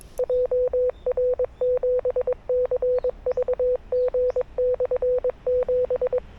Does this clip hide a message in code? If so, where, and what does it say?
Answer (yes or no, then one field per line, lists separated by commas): yes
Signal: Morse code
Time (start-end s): 0.2-6.2 s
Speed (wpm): 21 wpm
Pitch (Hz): 500 Hz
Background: none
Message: JR7CVG/7